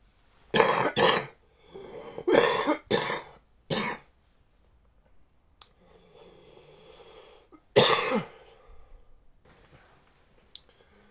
Man Coughing.